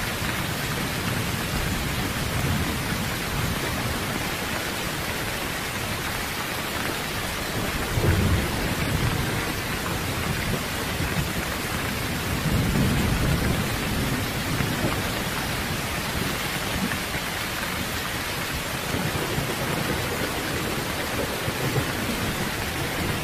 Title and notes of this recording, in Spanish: Lluvia Fuerte y Truenos Espantosos por la Noche. Lluvia Con Truenos